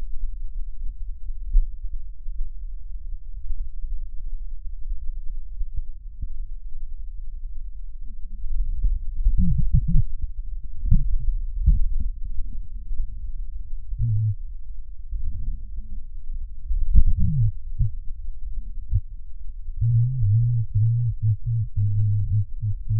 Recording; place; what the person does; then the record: lung sounds by stethoscope; right posterior basal chest; quiet breathing, then cough and speech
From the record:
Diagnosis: none (healthy); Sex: male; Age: 35 years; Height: 186 cm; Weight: 108 kg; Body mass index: 31.2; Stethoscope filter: bell mode